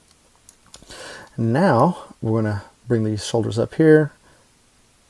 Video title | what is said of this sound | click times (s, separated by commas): TransForm Mission Revolt or Not Masterpiece Dragstrip Review | to take these two pieces you're just going to push down and that will lock all | 0.5 s, 0.7 s